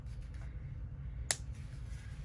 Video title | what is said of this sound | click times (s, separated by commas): Watch me make the Itty Bitty Flat Bottomed Girl | hear that snap | 1.3 s